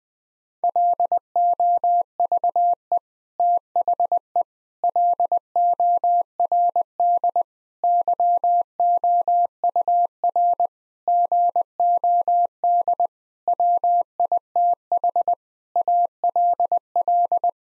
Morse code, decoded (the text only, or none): LOVE THE LORD YOUR GOD WITH ALL